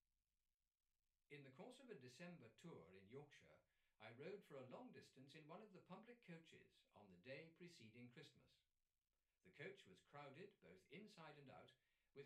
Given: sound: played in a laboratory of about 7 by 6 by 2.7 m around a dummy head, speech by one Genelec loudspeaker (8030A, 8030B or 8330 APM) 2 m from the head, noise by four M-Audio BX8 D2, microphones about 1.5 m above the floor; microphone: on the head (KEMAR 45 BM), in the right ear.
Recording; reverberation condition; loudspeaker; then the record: male speech in English; low; 30 degrees to the left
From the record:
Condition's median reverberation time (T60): about 310 ms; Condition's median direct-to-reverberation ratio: about 3.5 dB